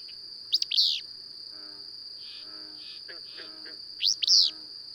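Bird call heard twice: sharp sweeping chirps followed by a drawn-out bright note, backed by constant insect drone and soft twittering.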